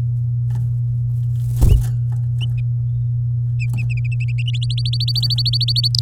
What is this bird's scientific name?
Serinus canaria